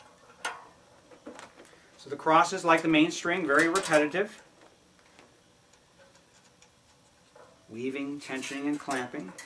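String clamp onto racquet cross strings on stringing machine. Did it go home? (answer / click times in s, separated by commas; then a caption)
yes / 0.5 s. A string clamp on a Klippermate racquet stringing machine snaps into place on a cross string of the racquet, its teeth coming up between the strings, with a sharp click at 0.4 s. A few faint ticks and handling sounds follow while someone talks. The clamp is seated.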